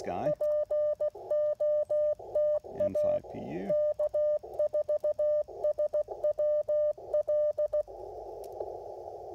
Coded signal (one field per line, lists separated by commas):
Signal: Morse code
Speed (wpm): 16 wpm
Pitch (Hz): 600 Hz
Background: speech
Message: POTA K4SWL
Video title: POTA 101: Operating CW with the Icom IC-705